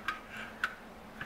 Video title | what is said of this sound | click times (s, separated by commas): Leeko Butane Folding Camp Stove! | are spring-loaded and they snap into place so you can use bigger pots and pans on this | 0.1 s, 0.6 s